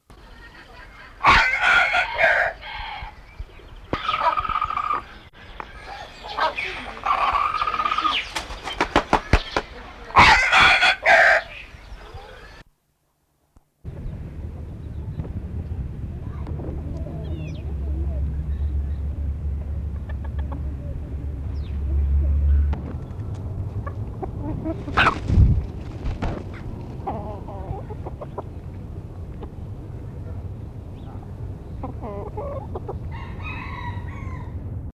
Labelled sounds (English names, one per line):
Red Junglefowl call